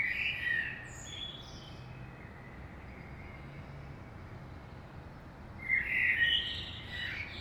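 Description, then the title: Common blackbird song, a mellow whistled phrase at the start and another near the end with thin twittering flourishes, quiet gap between, low rumbling hum throughout. In the morning in Saint-Gilles, Belgium; recorded with DPA 2006c microphones in AB into a Zoom F3. "Saint-Gilles, Belgique - Blackbird - Merle"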